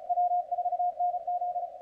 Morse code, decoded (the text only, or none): W4NZ